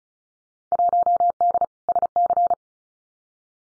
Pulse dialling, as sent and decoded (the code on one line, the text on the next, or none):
none